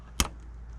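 On a Craftsman LT1000 riding mower, during a clutch cable replacement, a small metal horseshoe retaining clip is pushed over the nub on the mower deck engagement cable mounting. It gives one sharp, loud click at 0.2 s over a faint steady low hum, and the clip is seated.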